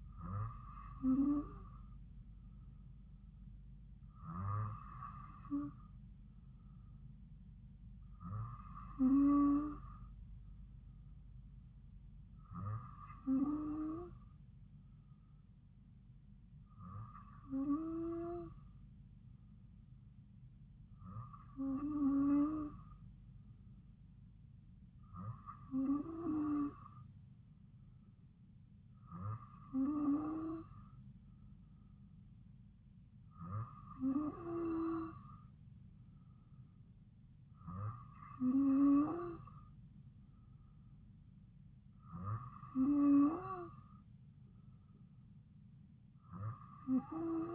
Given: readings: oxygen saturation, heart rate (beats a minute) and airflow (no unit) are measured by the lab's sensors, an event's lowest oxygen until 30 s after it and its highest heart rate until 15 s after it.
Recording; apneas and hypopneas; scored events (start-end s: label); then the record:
breathing in sleep by a smartphone at the bedside; none
none scored
From the record:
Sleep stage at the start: N2 (light sleep); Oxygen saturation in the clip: 93 to 94%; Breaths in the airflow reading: 11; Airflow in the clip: -2.4 to 2.1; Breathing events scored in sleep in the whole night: 270 in 6.1 hours asleep